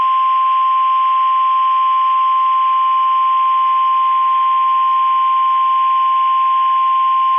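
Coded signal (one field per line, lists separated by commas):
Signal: Emergency Alert System (SAME) tones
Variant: 1050 Hz attention tone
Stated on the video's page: Received from a NOAA weather radio transmitter in Columbus, Ohio.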